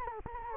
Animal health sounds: mosquito wingbeat signal from an infrared sensor; Anopheles gambiae

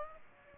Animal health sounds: mosquito wingbeat signal from an infrared sensor; Aedes aegypti

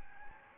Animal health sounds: mosquito wingbeat signal from an infrared sensor; Anopheles gambiae

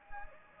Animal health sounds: mosquito wingbeat signal from an infrared sensor; Anopheles gambiae

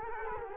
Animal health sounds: mosquito wingbeat signal from an infrared sensor; Culex quinquefasciatus

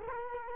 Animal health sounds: mosquito wingbeat signal from an infrared sensor; Culex quinquefasciatus

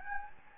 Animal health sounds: mosquito wingbeat signal from an infrared sensor; Anopheles gambiae

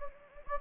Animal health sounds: mosquito wingbeat signal from an infrared sensor; Anopheles gambiae

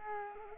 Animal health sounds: mosquito wingbeat signal from an infrared sensor; Culex quinquefasciatus

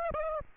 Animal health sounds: mosquito wingbeat signal from an infrared sensor; Aedes aegypti

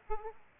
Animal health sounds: mosquito wingbeat signal from an infrared sensor; Aedes aegypti

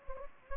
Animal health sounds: mosquito wingbeat signal from an infrared sensor; Anopheles gambiae

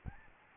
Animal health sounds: mosquito wingbeat signal from an infrared sensor; Aedes albopictus

